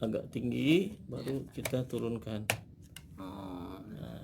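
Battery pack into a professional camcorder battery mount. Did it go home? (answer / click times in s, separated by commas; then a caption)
yes / 3.0 s. A battery pack is held a little high on the back of a Sony PMW-200 professional camcorder, then slid down into its battery mount slot until it locks. Someone talks throughout, and a sharp click is heard at 2.9 s as the battery seats in place.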